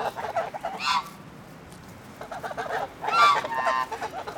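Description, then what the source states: Goose: several geese honk and chatter, two loud nasal honks separated by quieter clucking calls. A group of geese.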